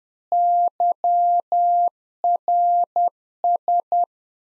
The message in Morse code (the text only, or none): YRS